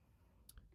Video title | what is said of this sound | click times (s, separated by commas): HP DeskJet 2910 Printer: How to Install or Replace Ink Cartridges | So with your finger and thumb, just glide it in and then give it one final push forward until it clicks into place. | 0.5 s